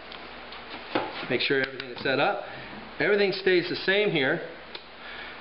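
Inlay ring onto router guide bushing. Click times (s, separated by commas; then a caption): 0.1 s, 0.9 s. A small ring with an o-ring inside is slid over the router guide bushing of an inlay kit and snaps into place, with two short knock-like hits at 0.1 s and 1.0 s. Someone then talks over a quiet background. The ring is seated on the bushing.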